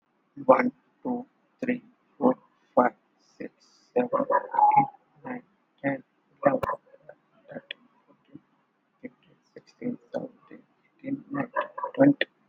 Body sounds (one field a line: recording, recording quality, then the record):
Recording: counting at a normal pace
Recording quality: moderate, slight background noise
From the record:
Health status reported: healthy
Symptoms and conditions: none ticked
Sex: male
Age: 35 years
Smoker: not ticked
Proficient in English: yes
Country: India